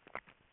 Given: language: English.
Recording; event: throat vibration sensor signal played as sound; swallow